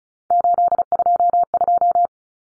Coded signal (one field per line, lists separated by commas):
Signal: Morse code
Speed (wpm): 34 wpm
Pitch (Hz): 700 Hz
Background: none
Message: 822